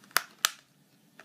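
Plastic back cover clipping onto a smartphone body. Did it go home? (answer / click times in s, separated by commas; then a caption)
yes / 0.2 s, 0.5 s. The plastic back cover of a Samsung Galaxy Note 3 is pressed on around its edges so its clips snap into the phone's body. Two sharp, bright snaps ring out at 0.2 s and 0.5 s, followed by a much fainter tick near 1.2 s. The cover seats on the phone.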